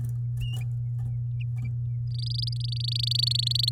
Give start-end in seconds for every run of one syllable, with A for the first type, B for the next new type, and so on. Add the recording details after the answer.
2.11-3.70 A. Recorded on 10 May 2018 at 12:13. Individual llb16